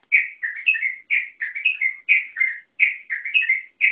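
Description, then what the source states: Yellow-vented bulbul song: bubbly, whistled phrases of quick rising and falling notes, delivered in short bursts with brief pauses between. Local name trucukan; song style called ropel panjang.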